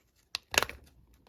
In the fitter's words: Okay, that's one. Clicks